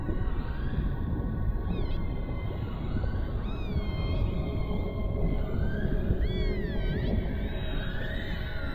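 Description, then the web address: Orca calls, wavering looping whistles and short upswept cries above a dense low rumble. "Dan Gibson's Solitudes Ocean Odyssey. Oratory of the Orcas"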